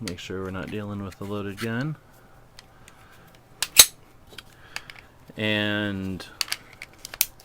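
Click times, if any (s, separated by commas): 7.2 s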